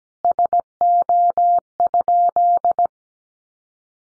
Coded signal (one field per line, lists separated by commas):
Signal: Morse code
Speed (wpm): 17 wpm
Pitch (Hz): 700 Hz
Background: none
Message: SO?